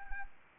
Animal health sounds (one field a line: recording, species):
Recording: mosquito wingbeat signal from an infrared sensor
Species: Anopheles arabiensis